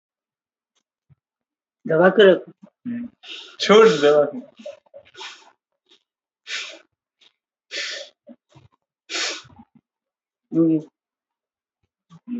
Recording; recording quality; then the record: deep breathing; moderate, slight background noise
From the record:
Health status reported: healthy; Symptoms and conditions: none ticked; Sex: female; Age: 58 years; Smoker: not ticked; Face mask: not worn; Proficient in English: yes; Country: India